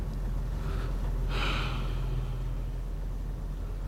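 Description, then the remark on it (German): A single deep, breathy inhalation of cold night air rises briefly over a low, steady engine-like hum, preceded by a fainter breath; no one speaks. “Es tut gut, die kalte Nachtluft zu atmen.”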